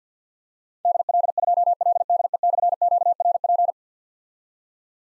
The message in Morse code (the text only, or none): DL2LDE/QRP